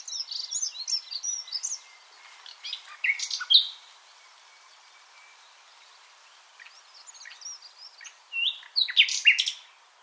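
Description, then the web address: Common nightingale song in soft, scattered fragments: brief chirps, a thin drawn-out whistle and short bright bursts separated by quiet gaps. "SETE Luscinia megarhynchos"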